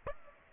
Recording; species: mosquito wingbeat signal from an infrared sensor; Aedes aegypti